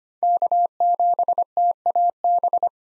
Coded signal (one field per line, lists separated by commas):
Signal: Morse code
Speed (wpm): 25 wpm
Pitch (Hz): 700 Hz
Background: none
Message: K7TAB